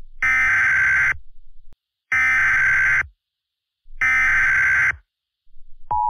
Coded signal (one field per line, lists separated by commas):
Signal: Emergency Alert System (SAME) tones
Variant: header bursts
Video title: EAS Scenario #5 2021